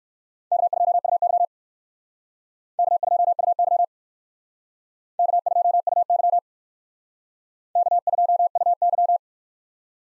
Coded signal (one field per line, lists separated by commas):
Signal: Morse code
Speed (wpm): 55 wpm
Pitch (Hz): 700 Hz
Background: none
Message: K2UY K2UY K2UY K2UY